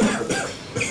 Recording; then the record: coughing mixed with background sound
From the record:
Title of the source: Spring Cold Coughing.